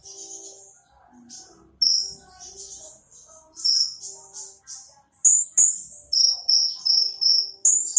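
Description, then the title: Small bird chirps, softer and scattered at first, then a quick run of bright high notes in the last few seconds. "Burung Kecil"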